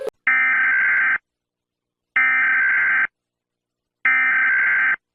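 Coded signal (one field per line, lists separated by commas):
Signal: Emergency Alert System (SAME) tones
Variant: header bursts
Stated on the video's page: Fictional EAS scenario.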